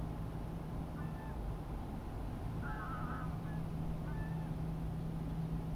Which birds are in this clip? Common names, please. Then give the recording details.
Greylag Goose. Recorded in France